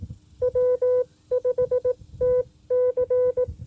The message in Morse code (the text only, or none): W5TC